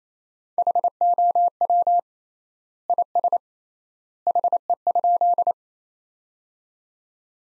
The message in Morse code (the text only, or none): HOW IS HE?